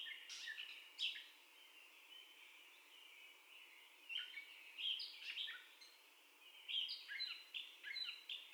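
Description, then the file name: Catbird song: a few scratchy phrases, then a quiet gap, then more squeaky notes, over a constant high, thin hum. Described as the catbird's first song, recorded on 30 May 2021 at 04:48. "2021-05-30 Catbird First Song"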